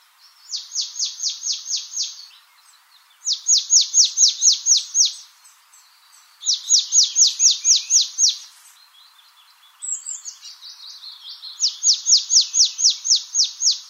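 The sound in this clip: Marsh tit repeating four rhythmic bursts of rapid, evenly spaced chipping notes, with a brief thin twitter between the third and fourth bursts.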